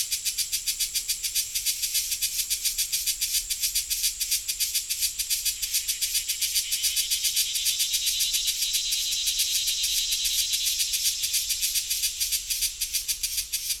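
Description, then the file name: Cicada: a continuous shrill rasping buzz of rapid regular pulses, swelling slightly in the second half. "Cigales"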